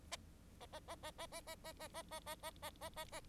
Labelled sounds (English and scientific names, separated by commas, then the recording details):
Bengalese Finch (Lonchura striata domestica) song
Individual Bird4